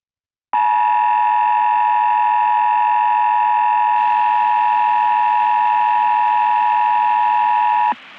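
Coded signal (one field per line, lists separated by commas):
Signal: Emergency Alert System (SAME) tones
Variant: 853 and 960 Hz attention tone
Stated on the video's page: Fictional EAS scenario about the Black Mesa incident, using audio from Half-Life Black Mesa.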